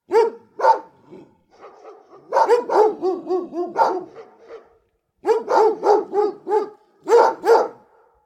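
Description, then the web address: Dogs barking: deep, loud barks in bursts, including a rapid run of about eight barks, then a quick series and a pair separated by short silences. Big dogs barking, recorded close. "Bart Kamski - Dogs"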